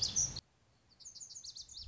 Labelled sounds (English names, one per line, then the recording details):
Lazuli Bunting
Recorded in Sonoma County, California